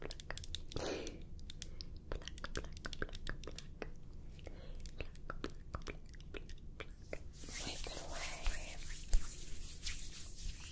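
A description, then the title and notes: Hands move close to the microphone, making quick dry taps, brushes and crackles that come in dense, irregular bursts throughout. After about seven seconds a softer rushing, scratchy rubbing swells in and stays, with a sharper tap near nine seconds. Face Touching w Up Close Hand Movements.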